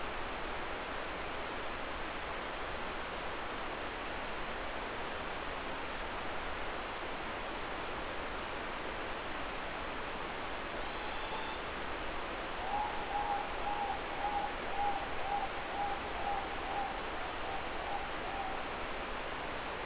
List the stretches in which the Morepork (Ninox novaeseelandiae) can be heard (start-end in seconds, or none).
10.50-12.09, 12.53-18.86